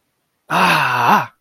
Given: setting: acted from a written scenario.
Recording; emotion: vocal sound without words; triumph